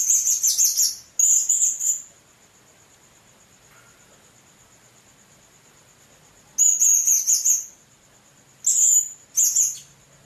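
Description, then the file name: Blue-crowned hanging parrot calling: clusters of piercing, high, chattering notes, a pair at the start and more bursts later, with a constant thin tone underneath. "serindit"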